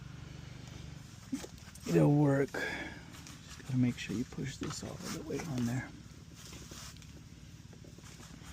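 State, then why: Not seated. An ignition coil's spark plug boot, a slightly different boot from the original, is pushed all the way onto a spark plug of a 20 hp Mercury 4-stroke EFI outboard engine while someone talks. Only faint handling sounds come through, and no click is heard or felt, though the boot is treated as on.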